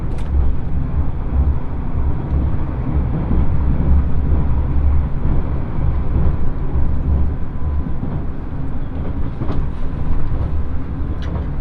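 Inside the limited express Ishizuchi on the Yosan Line, a steady low rumble of the train running fills the whole clip. A deep throbbing pulse underneath rises and falls irregularly, and faint light clicks and rattles appear now and then, especially near the end.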